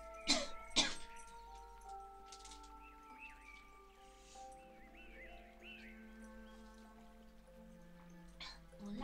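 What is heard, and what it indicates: Two sharp coughs close together, then a quieter one later, over steady background music. An adult woman with a cold and a fairly severe cough, a constant urge to cough, an itchy throat when talking, and trouble speaking.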